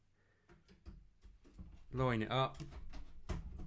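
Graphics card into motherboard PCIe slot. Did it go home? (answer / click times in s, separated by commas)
no / none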